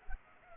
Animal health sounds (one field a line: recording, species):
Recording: mosquito wingbeat signal from an infrared sensor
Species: Culex pipiens